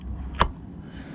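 A new paper oil filter element for a Volvo V60 D5 is pushed by hand into its plastic oil filter housing cap. A soft scrape at 0.35 s leads into a single sharp click at 0.4 s over a low background hum. The element is seated in the cap.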